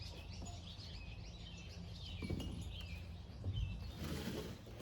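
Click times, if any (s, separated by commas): none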